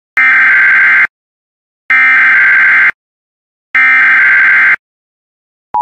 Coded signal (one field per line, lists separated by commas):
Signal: Emergency Alert System (SAME) tones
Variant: header bursts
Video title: EAS Madness #eas Tornado Warning for Iowa